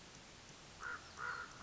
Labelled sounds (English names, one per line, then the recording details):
American Crow
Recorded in Sonoma County, California